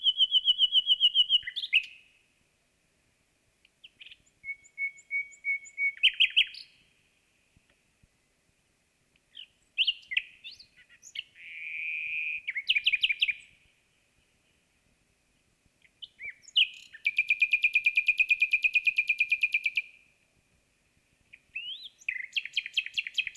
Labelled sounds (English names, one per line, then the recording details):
Common Nightingale song
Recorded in the wild
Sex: male
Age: adult
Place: Bielefeld-Heepen, Nordrhein-Westfalen, DE
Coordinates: 52.03, 8.58861
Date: 1965-05-09
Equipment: Uher 4000 Report-S, Bändchenmikro Beyer M 260, Parabolspiegel Polyester (470 mm)
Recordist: Conrads, Klaus
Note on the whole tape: Meyer zu Heepen. Gesang